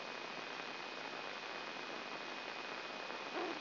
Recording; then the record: brain microelectrode recording played as sound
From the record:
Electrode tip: inside the subthalamic nucleus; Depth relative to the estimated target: 2 mm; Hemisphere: right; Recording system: AlphaMap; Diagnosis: Parkinson's disease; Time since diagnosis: 9 years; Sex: male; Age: 68 years